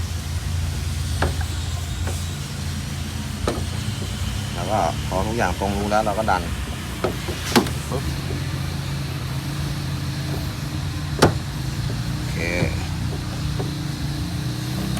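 A rear reflector lamp is lined up with its mounting holes and pushed into the body of a 2011 Triton pickup truck while someone talks. Its plastic clips lock into place with a sharp click at 11.2 s, seating the lamp.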